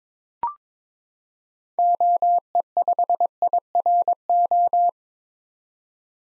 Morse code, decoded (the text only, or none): OE5IRO